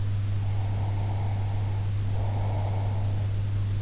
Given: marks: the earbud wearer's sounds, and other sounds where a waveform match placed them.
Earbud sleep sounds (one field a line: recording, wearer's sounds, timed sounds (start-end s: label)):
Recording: sounds in sleep by an in-ear microphone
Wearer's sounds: breath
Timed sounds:
0.36-3.36 s: breath